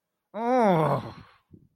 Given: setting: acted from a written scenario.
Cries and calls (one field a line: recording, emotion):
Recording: vocal sound without words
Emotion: guilt